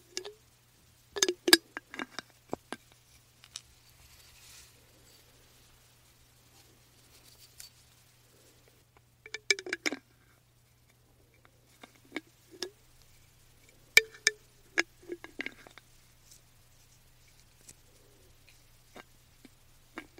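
Someone taps and twists the lid of a glass jar, making sharp, bright clicks and ticks. They come in short clusters near the start, around ten seconds, and between twelve and sixteen seconds, separated by near-silence over a faint low hum.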